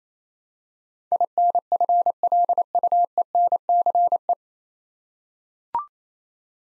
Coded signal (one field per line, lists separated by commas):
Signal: Morse code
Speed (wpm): 28 wpm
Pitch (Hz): 700 Hz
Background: none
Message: INFLUENCE